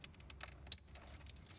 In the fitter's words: and click there we go all right